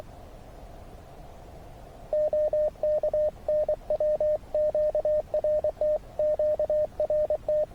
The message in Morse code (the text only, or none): OK NW QRT QRT